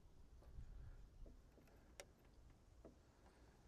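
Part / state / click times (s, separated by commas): click-type torque wrench under cinderblock load / not seated / none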